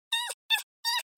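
Red fox uttering four short, harmonic, squeaky yelps in quick succession, the last one briefer and fainter, separated by short silences.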